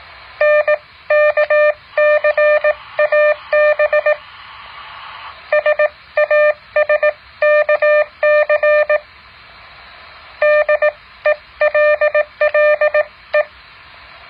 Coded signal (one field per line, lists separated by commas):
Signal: Morse code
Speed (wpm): 18 wpm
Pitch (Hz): 600 Hz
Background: none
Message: NKCAB SASKC DELLE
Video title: แบบฝึกหัด Morse code 10.6